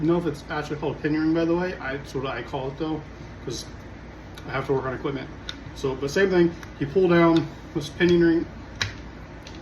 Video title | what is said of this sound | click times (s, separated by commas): Replacing the hand guard on your AR-15 and putting a quad rail on. | Once you pull it down and get it in there, it pops into place, and then you give it a little slap. | 8.8 s